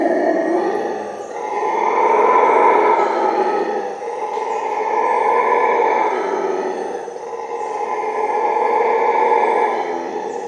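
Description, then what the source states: Howler monkey roars rising and falling in several waves, each a long gruff swelling howl. Howling at midnight.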